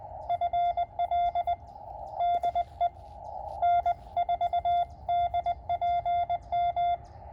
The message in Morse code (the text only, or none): FL DE N4DPM